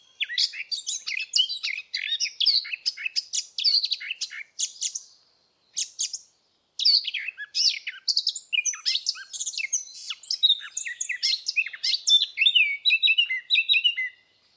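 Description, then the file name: Eurasian blackcap song: rapid, varied warbling phrases of twittering and scratchy notes, with short breaks in the middle before a long outpouring resumes. "Sylvia atricapilla"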